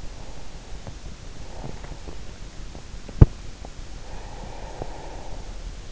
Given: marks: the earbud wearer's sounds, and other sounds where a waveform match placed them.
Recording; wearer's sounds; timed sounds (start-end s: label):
sounds in sleep by an in-ear microphone; breath, teeth grinding
0.00-2.26 s: breath
2.59-3.64 s: teeth grinding
3.89-5.58 s: breath